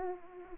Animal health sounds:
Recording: mosquito wingbeat signal from an infrared sensor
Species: Aedes aegypti

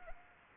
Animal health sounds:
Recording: mosquito wingbeat signal from an infrared sensor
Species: Anopheles arabiensis

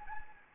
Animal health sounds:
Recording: mosquito wingbeat signal from an infrared sensor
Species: Anopheles gambiae

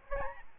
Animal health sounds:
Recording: mosquito wingbeat signal from an infrared sensor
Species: Aedes albopictus

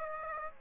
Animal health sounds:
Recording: mosquito wingbeat signal from an infrared sensor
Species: Aedes aegypti

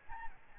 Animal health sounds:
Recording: mosquito wingbeat signal from an infrared sensor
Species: Aedes albopictus

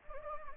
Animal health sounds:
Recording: mosquito wingbeat signal from an infrared sensor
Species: Anopheles gambiae

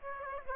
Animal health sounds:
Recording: mosquito wingbeat signal from an infrared sensor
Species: Aedes aegypti

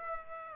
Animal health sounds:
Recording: mosquito wingbeat signal from an infrared sensor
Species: Aedes aegypti

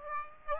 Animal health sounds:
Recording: mosquito wingbeat signal from an infrared sensor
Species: Aedes aegypti

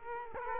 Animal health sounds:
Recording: mosquito wingbeat signal from an infrared sensor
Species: Culex quinquefasciatus

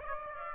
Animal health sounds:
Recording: mosquito wingbeat signal from an infrared sensor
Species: Aedes aegypti

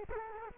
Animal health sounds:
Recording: mosquito wingbeat signal from an infrared sensor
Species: Culex quinquefasciatus

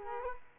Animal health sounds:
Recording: mosquito wingbeat signal from an infrared sensor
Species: Culex quinquefasciatus

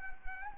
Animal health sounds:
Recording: mosquito wingbeat signal from an infrared sensor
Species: Anopheles arabiensis

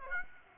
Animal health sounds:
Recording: mosquito wingbeat signal from an infrared sensor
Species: Aedes aegypti

